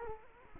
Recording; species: mosquito wingbeat signal from an infrared sensor; Culex quinquefasciatus